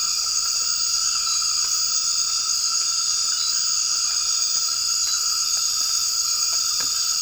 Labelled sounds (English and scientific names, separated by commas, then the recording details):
none
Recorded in dense forest near Puerto Asís, Putumayo, Colombia, on 12 March 2025 at 01:00
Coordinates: 0.485, -76.318
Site G056